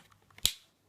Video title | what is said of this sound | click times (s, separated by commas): Review of Dyson dc54mf cylinder vacuum cleaner | by clicking into place | 0.4 s